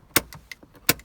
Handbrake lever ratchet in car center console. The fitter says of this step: and then you click the handbrake up 2 clicks